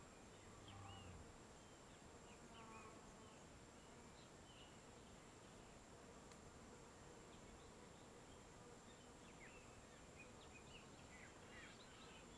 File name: Ambiencia descampado em fim de tarde com mosca, passaros e as vezes vaca